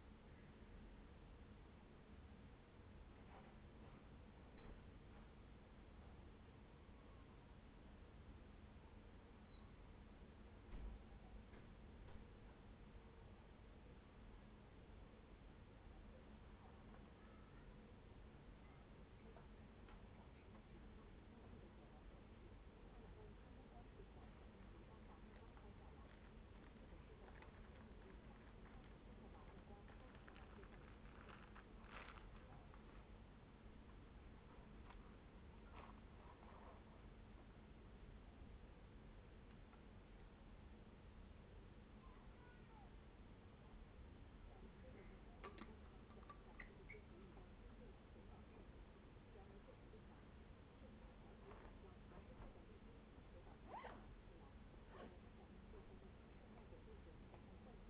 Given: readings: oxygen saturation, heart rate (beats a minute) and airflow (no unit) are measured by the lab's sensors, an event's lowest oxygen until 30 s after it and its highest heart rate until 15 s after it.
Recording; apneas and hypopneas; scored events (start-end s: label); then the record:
a person awake in a sleep study, by a voice recorder at the bedside; none
0.00-57.90 s: awake
From the record:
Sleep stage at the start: awake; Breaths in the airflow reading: 22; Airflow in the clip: -0.6 to 0.7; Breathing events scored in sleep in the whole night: 131 in 7.2 hours asleep